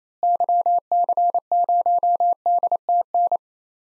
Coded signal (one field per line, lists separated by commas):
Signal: Morse code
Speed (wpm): 28 wpm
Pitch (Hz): 700 Hz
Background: none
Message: YC0DTN